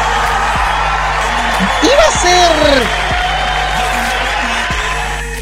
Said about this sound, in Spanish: ¿Dónde está el aplauso? ¿Dónde está el maldito aplauso? ¡Acá está!